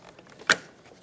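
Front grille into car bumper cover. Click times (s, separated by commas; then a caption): 0.5 s. A plastic front grille is lined up along the forward edge of the front bumper cover on a 2006-2012 Ford Fusion and pressed in. A few faint ticks come first, then a sharp, bright click at 0.5 s as the grille clips snap into the bumper cover, and the grille is seated.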